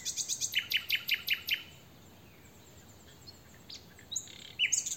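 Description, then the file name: Common nightingale song, a rapid series of loud repeated notes, then faint scattered chirps after a pause. "Luscinia megarhynchos"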